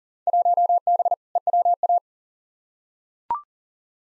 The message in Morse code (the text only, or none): 1B EWA